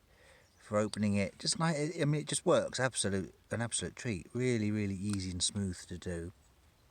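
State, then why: Not seated. A man talks steadily about a Wells Blade Works custom folding pocket knife, whose blade is opened with its thumb hole so that its titanium lock bar will snap in behind it. Nothing has clicked or locked into place yet; only talking is heard.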